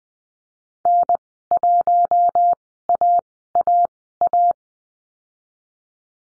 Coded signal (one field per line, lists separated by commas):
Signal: Morse code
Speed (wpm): 20 wpm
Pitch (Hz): 700 Hz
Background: none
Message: N1AAA